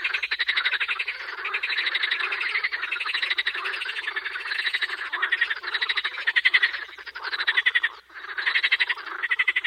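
Edible frog croaking in near-continuous runs of loud, rapidly pulsed croaks that swell and fade, with a brief dip near the end.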